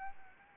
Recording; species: mosquito wingbeat signal from an infrared sensor; Anopheles arabiensis